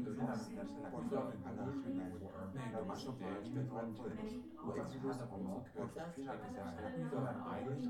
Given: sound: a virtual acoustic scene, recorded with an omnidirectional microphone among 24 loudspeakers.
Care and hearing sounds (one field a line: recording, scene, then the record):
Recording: noise of the scene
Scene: living room, symmetric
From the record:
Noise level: 70 dB SPL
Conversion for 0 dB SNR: 6.9 dB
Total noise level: 76.9 dB SPL